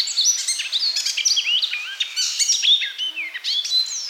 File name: Zelyonaya peresmeshka